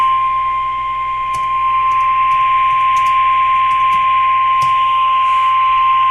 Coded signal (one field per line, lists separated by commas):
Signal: Emergency Alert System (SAME) tones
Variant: 1050 Hz attention tone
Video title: DXing Alerts | EAS #1477-1487